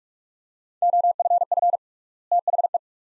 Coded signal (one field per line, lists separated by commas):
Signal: Morse code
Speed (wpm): 42 wpm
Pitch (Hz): 700 Hz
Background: none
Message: OFF THE